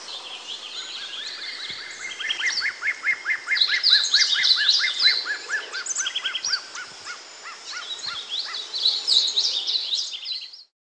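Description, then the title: Bird song, a long varied warble of rapid repeated notes and buzzy trills, with short phrases run together at a quick pace over a faint steady background hiss. "LuckyPassaro Completos2Sama"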